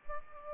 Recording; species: mosquito wingbeat signal from an infrared sensor; Aedes aegypti